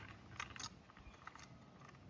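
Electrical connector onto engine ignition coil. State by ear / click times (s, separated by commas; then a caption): not seated / none. An electrical wiring connector is handled at an ignition coil on a Honda CR-V engine during spark plug replacement, with faint rustling and a few light handling taps around 0.4 s and 1.3 s. The connector has not seated or clicked in yet.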